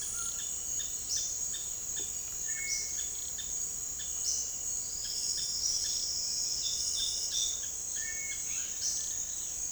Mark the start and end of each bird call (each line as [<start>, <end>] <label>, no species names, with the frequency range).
[1.08, 1.29] bird call (4.2-6.6 kHz)
[2.45, 2.96] bird call (1.7-6.8 kHz)
[4.18, 4.46] bird call (3.2-6.6 kHz)
[7.99, 8.58] bird call (1.6-2.8 kHz)